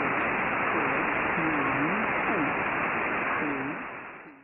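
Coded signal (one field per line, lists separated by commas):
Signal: numbers station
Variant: female automated voice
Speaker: this impostor number station was logged on 6927 khz on December the 20th 2010 at235 said it contained a female automated voice reading a long string of numbers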